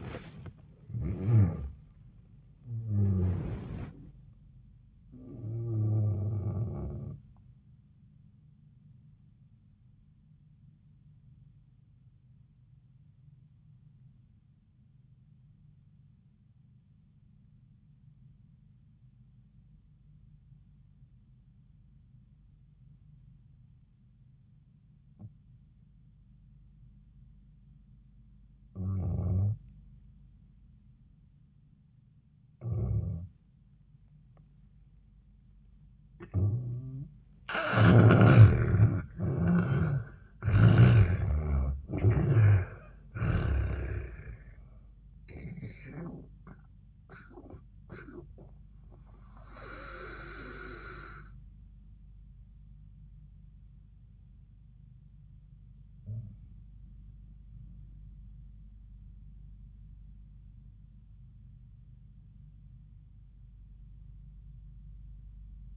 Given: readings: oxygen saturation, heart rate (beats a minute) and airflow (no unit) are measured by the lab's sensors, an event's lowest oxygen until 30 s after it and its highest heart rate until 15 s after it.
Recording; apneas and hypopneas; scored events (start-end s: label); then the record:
breathing in sleep by a smartphone at the bedside; 1
8.00-36.10 s: obstructive apnea (N1, oxygen 98% highest, then 78% lowest)
18.00-48.00 s: new sleep stage, N2 (light sleep)
48.00-65.77 s: new sleep stage, REM sleep
From the record:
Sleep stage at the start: N1 (lightest sleep); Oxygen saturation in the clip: 76 to 98%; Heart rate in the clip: 66 to 91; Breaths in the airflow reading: 5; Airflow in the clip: -10.0 to 16.3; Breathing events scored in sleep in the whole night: 400 in 8.7 hours asleep